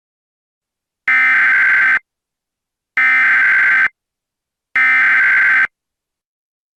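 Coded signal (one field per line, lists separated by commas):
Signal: Emergency Alert System (SAME) tones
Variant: header bursts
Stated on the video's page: Fictional alert scenario made with iMovie, using valid tones.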